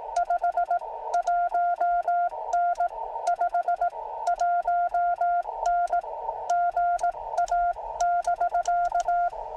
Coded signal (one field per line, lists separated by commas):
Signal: Morse code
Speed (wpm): 18 wpm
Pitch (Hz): 700 Hz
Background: none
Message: 51N 51N GA <BK>